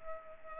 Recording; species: mosquito wingbeat signal from an infrared sensor; Culex pipiens